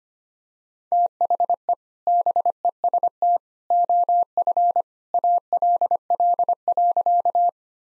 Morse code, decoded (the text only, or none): THE BEST OF ALL.